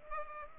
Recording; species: mosquito wingbeat signal from an infrared sensor; Culex pipiens